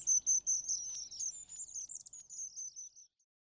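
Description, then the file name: Long-tailed tit calls: a quick series of thin, high, slightly sliding notes, a little over two per second, gradually fading out after three seconds into silence. "Staartmees"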